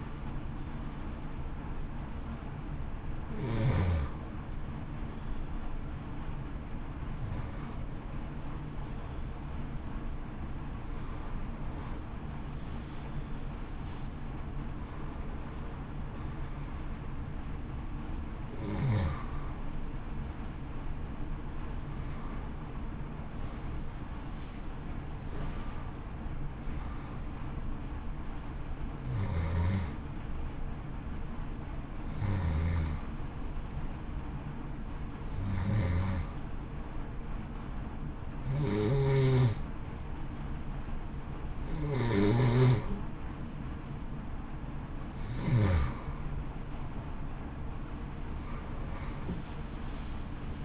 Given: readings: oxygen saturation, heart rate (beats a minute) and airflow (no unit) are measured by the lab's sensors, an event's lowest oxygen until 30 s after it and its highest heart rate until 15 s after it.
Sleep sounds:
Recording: breathing in sleep by a smartphone at the bedside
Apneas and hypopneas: 1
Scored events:
5.00-43.50 s: hypopnea (N1, oxygen 93% highest, then 89% lowest, heart rate 56 at the start, 69 highest)
From the record:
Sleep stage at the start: N1 (lightest sleep)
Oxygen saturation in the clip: 91 to 93%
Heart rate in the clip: 56 to 66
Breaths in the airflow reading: 13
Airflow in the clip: -1.1 to 1.0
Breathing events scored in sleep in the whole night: 328 in 6.3 hours asleep

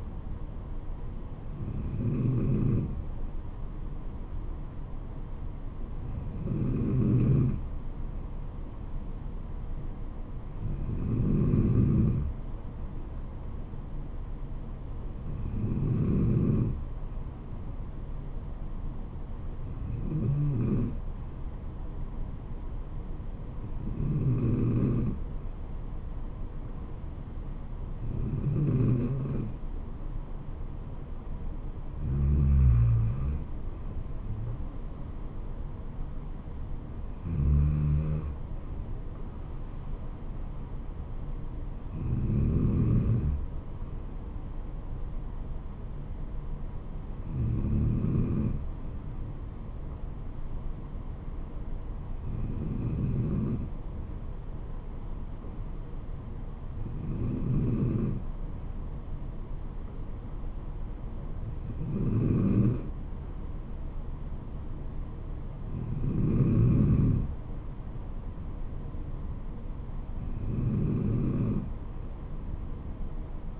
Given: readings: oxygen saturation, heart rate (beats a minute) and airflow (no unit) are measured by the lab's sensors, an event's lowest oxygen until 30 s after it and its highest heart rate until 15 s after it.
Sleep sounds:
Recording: breathing in sleep by a smartphone at the bedside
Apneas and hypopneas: none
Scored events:
68.00-73.60 s: new sleep stage, N3 (deep sleep)
From the record:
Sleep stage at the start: N2 (light sleep)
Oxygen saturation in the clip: 93 to 94%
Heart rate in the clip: 65 to 75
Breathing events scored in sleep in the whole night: 426 in 7.4 hours asleep

